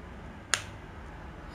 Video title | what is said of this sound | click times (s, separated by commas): Get Started with DSLR - How DSLR Works -DSLR Features - Comparison | So you'll hear a click sound once the lens is completely mounted on. | 0.5 s